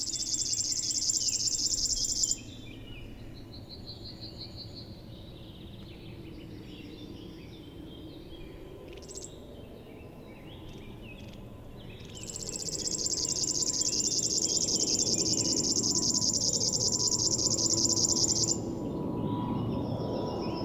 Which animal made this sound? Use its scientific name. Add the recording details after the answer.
Locustella fluviatilis. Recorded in the wild. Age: adult. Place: Zepernick, Naturpark Barnim, Brandenburg, DE. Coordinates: 52.6568, 13.5086. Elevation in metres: 62. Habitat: willows. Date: 2014-06-01 07:19. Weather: sunny, 10°C, almost windless. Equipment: Sound Devices 702, Sennheiser MKH 70, Rycote Windschutz. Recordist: Frommolt, Karl-Heinz. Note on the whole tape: Hobrechtsfelder Rieselfelder: Gesang eines Schlagschwirls in einem Weidengebüsch. Entfernung ca